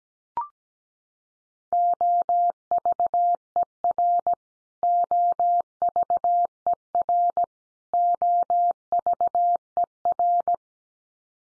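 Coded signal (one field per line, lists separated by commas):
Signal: Morse code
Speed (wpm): 17 wpm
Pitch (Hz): 700 Hz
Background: none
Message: OVER OVER OVER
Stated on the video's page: Morse practice drill of the 100 most common English words at 17 wpm, each sent three times, spoken, then sent again.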